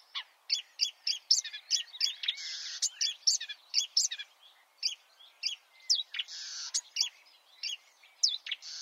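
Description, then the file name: Marsh warbler delivering a lively stream of sharp, varied chirps and scratchy notes with brief buzzy phrases, steady and energetic throughout. "suara-kicauan-burung-marsh-warbler -omkicau"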